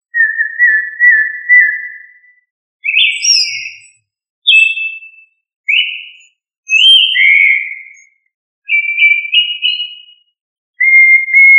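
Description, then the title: Thrush song: a sequence of varied whistled phrases, some long and steady, others short and falling, with brief gaps between them. "Familia Turdidae - Sabia"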